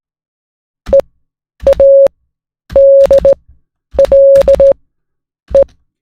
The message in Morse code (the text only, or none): EADLE